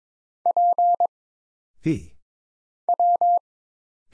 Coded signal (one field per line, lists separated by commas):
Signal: Morse code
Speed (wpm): 22 wpm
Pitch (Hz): 700 Hz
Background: none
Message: P W